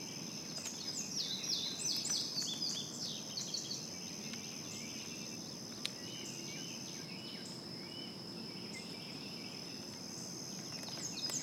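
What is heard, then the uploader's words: Dawn at a marsh, with a steady high insect whine running straight through and a dense scatter of bird chirps and calls, busiest in the first few seconds. A low rumbling murmur fills the bottom throughout, with a single sharp click near six seconds. Dawn Soundwalk at Dyke Marsh. 30 seconds at 7 stops at Dyke Marsh Wildlife Preserve (a unit of the NPS George Washington Memorial Parkway). With iPhone 6, using a RODE app, edited in Audacity and mixed in Adobe Audition.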